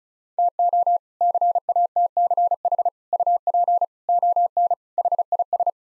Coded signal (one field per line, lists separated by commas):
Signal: Morse code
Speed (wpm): 36 wpm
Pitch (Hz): 700 Hz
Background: none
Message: TO CATCH UP ON HIS